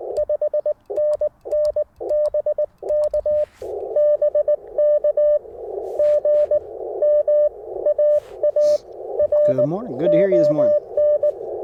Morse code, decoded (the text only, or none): 5NN BK BK GM AARON